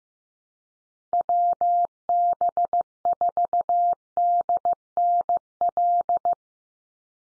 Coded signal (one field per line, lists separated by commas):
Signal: Morse code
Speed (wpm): 15 wpm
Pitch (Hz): 700 Hz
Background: none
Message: WB4DNL